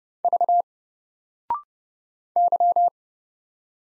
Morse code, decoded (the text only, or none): V Y